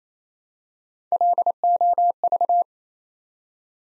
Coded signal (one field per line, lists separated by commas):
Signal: Morse code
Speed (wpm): 28 wpm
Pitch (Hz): 700 Hz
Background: none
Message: LOV